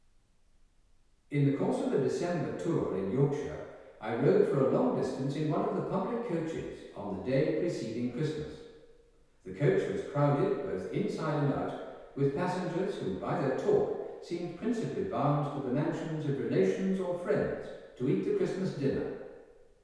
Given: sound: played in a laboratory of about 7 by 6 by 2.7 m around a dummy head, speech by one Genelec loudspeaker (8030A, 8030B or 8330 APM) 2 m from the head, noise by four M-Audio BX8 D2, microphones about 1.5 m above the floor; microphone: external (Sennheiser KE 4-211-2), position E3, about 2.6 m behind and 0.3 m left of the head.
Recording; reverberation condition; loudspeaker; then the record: male speech in English; high; 60 degrees to the left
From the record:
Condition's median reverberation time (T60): about 1300 ms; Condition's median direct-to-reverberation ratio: about -4.0 dB